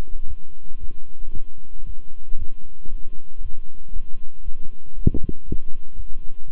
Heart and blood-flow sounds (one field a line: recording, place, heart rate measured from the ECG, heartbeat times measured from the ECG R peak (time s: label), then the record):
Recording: heart sounds by stethoscope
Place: between the tricuspid and mitral areas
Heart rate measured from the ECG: 116 bpm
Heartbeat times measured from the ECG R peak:
0.26 s: heartbeat
0.79 s: heartbeat
1.32 s: heartbeat
1.85 s: heartbeat
2.37 s: heartbeat
2.89 s: heartbeat
3.41 s: heartbeat
3.91 s: heartbeat
4.43 s: heartbeat
4.94 s: heartbeat
5.45 s: heartbeat
5.95 s: heartbeat
6.46 s: heartbeat
From the record:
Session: walking at 3.7 km/h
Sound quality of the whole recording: good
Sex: male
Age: 26 years